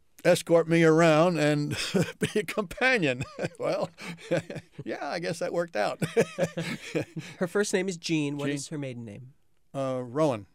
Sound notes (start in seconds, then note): 1.7 chuckles; 5.8 laughs